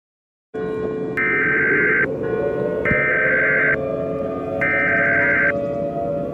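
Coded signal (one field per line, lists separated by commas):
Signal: Emergency Alert System (SAME) tones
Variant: header bursts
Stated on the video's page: Fictional EAS scenario, a simulated alert remade from another creator's version.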